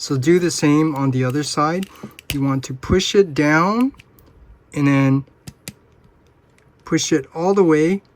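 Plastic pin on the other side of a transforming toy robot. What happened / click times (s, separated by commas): The plastic pin is being pushed but has not yet snapped home / none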